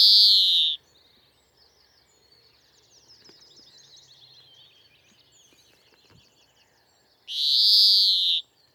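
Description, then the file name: European greenfinch wheezing: a nasal buzzy call at the start, soft twittering notes in the gap, then another long wheeze near the end. "Chloris chloris"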